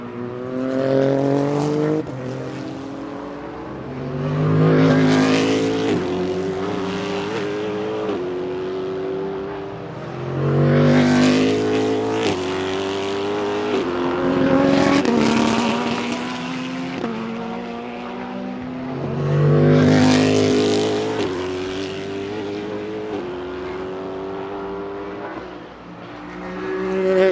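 Racing engines whine through repeated upshifts, pitch climbing in steps, with loud surges near 5, 11, 15 and 20 seconds over constant rumble.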